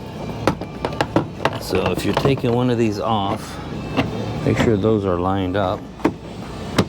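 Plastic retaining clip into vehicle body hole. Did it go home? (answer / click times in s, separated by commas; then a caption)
yes / 6.8 s. A plastic retaining clip on a panel or harness mount is lined up and pushed into its hole in the body of a KIA Sportage during harness fire recall work. Someone talks between several sharp clicks and taps, and the clip pops in and seats with a final sharp click at 6.8 s.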